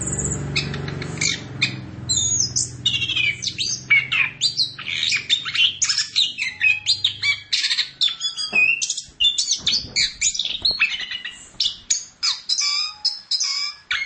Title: Audio Cendet Pentet